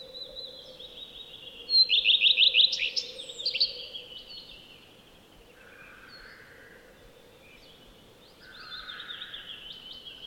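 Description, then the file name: Common redstart singing one loud phrase of rapid repeated high notes ending in a scratchy twitter, followed by quieter, lower warbled notes; a constant low hum throughout. "Lepplintu Redstart"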